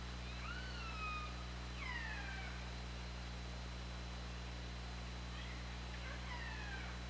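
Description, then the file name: Killer whale calls, a few clear descending harmonic calls in the first half and near the end, over low steady hum and hiss. OrcaLab hydrophone recording, 24 August 2017, 20:21:32. "Orca Lab JASON 20170824 202132"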